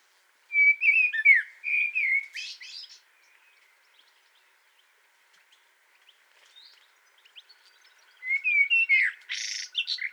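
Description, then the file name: Common blackbird song: two low, fluting warbled phrases, each ending in a high squeaky twitter, separated by several seconds of near silence. "Turdus merula"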